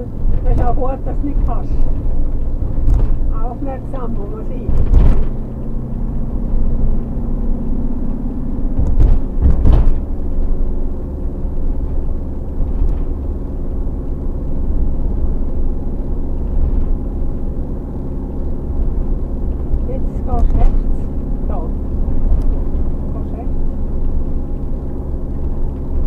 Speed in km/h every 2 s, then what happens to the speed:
44, 46, 50, 53, 55, 55, 55, 53, 53, 53, 53, 55, 53.
0-7 speeds up to 55. 7-26 steady at about 53.